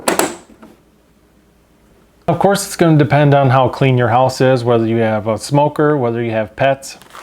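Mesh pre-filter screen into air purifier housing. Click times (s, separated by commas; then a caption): 0.1 s, 0.2 s. A fine mesh plastic pre-filter screen is set into the bottom of a Winix air purifier housing first, then rotated up and pressed in, snapping into place with sharp clicks at 0.1 s and 0.2 s. It is quiet for about two seconds, and then someone talks for the rest of the clip.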